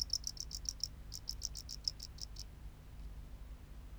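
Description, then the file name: Tropical house cricket song: a run of high, rapid chirp pulses for a little over two seconds, then it stops, leaving only a low background hum. "Bio Acoustica. Gryllodes sigillatus"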